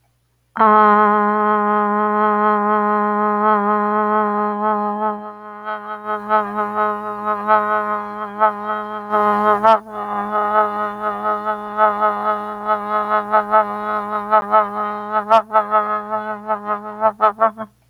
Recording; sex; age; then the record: vowel held as long as possible; female; 60 to 69 years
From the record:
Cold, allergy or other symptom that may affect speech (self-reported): no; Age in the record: 61 years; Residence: Washington, United States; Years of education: 16